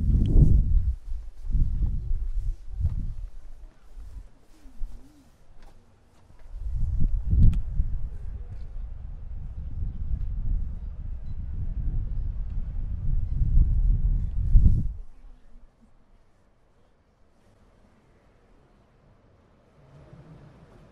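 A walk through Prague toward Charles Bridge, with low rumbling and bumps from movement in the first fifteen seconds, including sharp knocks near the start and around 7 seconds. A brief whistling tone rises around 3.5 seconds. After 15 seconds the sound drops to near quiet, with a faint murmur at the end.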